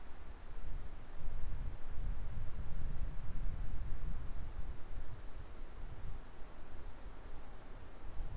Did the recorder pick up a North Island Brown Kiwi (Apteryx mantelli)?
no